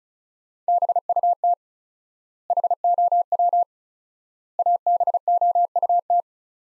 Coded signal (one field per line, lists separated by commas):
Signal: Morse code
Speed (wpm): 36 wpm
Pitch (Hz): 700 Hz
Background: none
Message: BUT HOW ABOUT